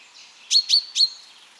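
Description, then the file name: Common chaffinch giving a quick series of three sharp, ringing chink notes, evenly spaced, with a soft high-pitched hiss in the background. "Fringilla coelebs"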